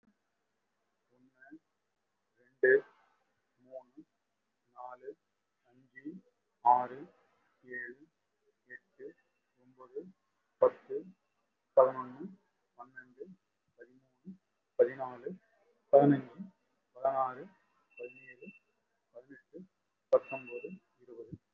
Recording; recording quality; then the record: counting at a normal pace; moderate, slight background noise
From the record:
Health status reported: recovered from COVID-19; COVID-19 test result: positive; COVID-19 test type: RT-PCR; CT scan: taken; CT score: 5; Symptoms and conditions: cough, cold, breathing difficulty, chronic lung disease, pneumonia, ischaemic heart disease, another condition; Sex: male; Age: 57 years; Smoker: no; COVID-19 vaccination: both doses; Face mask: worn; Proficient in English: no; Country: India